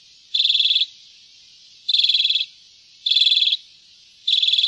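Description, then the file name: Common redpoll giving short dry buzzy trills, each about half a second long, repeated roughly every 1.3 seconds; no other sounds. "graasisik"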